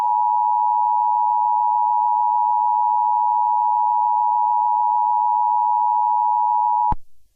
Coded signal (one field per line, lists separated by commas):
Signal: Emergency Alert System (SAME) tones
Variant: 853 and 960 Hz attention tone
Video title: EAS Mini Scenario - Sarcoptes Scabies Breakout REMASTERED